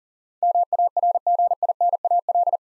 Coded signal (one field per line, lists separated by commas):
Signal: Morse code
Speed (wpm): 40 wpm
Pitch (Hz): 700 Hz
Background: none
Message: MARGINAL